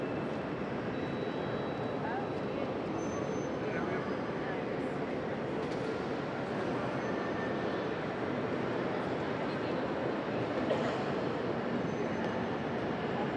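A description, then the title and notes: A busy railway station concourse fills with a dense, steady wash of crowd chatter and footsteps, with faint train rumble and occasional clinks. 30th Street Station, 30th and Market Streets. All recordings and Photos by Michael Lawrence.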